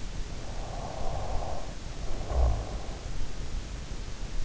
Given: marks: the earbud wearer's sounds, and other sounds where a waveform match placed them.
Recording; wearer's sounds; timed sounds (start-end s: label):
sounds in sleep by an in-ear microphone; snoring breath
0.11-3.06 s: snoring breath